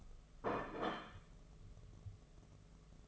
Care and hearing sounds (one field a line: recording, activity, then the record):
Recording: daily activity, microphone in the room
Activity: place plate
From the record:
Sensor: 4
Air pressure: 1016.0 hPa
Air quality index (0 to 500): 207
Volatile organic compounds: 13 ppm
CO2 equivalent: 2389 ppm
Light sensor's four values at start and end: 12/27/11/10 and 13/30/12/12